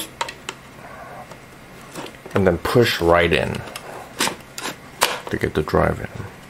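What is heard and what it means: A 2.5-inch SSD is handled at the top slot of a plastic and metal ICY DOCK dual 2.5-inch SSD and 3.5-inch HDD to 5.25-inch drive bay adapter while someone talks. Brief handling taps are heard near 0.2 s, 0.5 s and 4.6 s. Nothing has seated or clicked yet.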